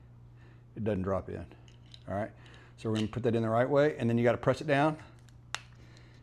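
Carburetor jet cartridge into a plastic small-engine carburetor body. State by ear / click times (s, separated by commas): seated / 5.5 s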